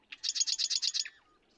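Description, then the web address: Marsh Wren song, a single short run of about eight rapid, buzzy, evenly spaced notes ending in a brief lower note. "birdsongforthecurious Marsh Wren"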